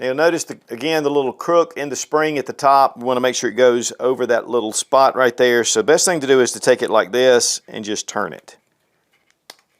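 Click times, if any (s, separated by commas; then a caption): 9.5 s. Someone talks while turning a magazine spring so the crook at its top goes over the slot in the follower. After the talking stops, a sharp click at 9.5 s marks the spring snapping into the follower, where it is seated and retained.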